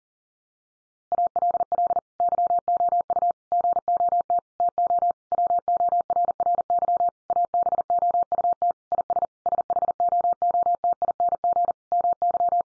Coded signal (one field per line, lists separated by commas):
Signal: Morse code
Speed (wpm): 40 wpm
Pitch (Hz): 700 Hz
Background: none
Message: ALL YOU GOT TO WORRY ABOUT IS SHOOTING MY